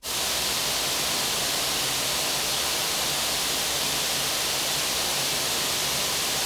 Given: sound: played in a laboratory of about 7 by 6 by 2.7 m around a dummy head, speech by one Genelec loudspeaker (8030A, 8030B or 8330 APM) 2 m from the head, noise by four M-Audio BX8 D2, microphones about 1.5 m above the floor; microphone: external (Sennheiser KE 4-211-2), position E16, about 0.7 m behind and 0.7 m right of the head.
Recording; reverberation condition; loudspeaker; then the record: white noise; high; four, about 170 cm from the corners of the room and facing them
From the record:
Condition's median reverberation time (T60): about 1300 ms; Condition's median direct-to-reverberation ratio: about -4.0 dB